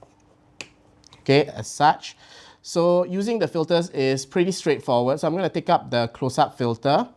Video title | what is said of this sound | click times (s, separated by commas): Polaroid SX-70 & Creative Filters | Very simple. Just click it into place. | 0.6 s